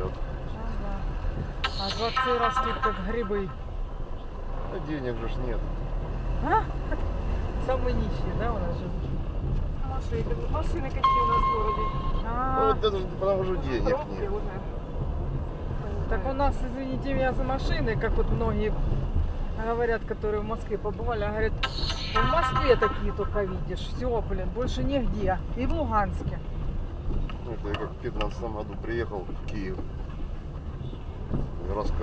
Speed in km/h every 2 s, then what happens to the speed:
13, 8, 11, 23, 22, 21, 23, 21, 21, 21, 19, 19, 22, 17, 17, 16.
3-6 speeds up to 23. 6-32 steady at about 21.